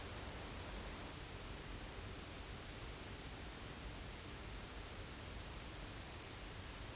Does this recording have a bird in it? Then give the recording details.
no. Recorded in France